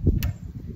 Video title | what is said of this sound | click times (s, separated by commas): Archery: How To Load Your Arrow On The Bow In 4 Simple Steps | hear that little click noise you want to make sure you hear that every time because this is what attaches the arrow to the bow okay | 0.2 s